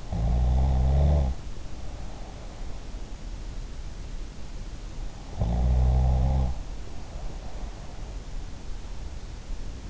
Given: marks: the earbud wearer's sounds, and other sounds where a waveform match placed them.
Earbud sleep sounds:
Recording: sounds in sleep by an in-ear microphone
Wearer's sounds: snoring breath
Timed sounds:
0.00-2.83 s: snoring breath
5.32-8.02 s: snoring breath

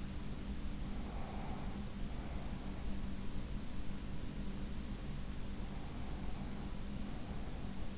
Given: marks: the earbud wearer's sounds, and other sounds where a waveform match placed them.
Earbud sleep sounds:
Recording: sounds in sleep by an in-ear microphone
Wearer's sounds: breath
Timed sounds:
0.95-2.75 s: breath
5.78-7.98 s: breath

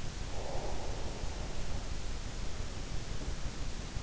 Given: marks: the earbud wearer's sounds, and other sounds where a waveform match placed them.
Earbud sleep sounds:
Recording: sounds in sleep by an in-ear microphone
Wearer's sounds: breath, teeth grinding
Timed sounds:
0.24-1.60 s: breath
3.15-3.45 s: teeth grinding

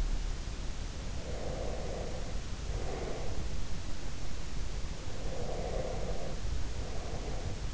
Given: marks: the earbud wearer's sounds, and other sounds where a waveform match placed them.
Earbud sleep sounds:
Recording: sounds in sleep by an in-ear microphone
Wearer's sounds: breath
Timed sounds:
1.18-3.58 s: breath
5.27-7.74 s: breath

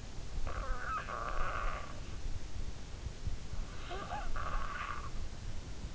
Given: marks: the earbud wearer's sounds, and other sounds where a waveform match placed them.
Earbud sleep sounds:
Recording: sounds in sleep by an in-ear microphone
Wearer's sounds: breath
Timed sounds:
0.15-2.49 s: breath
3.52-5.75 s: breath

